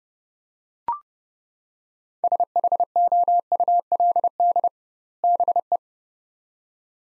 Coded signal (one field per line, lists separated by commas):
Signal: Morse code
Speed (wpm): 30 wpm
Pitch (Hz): 700 Hz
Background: none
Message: SHOULD BE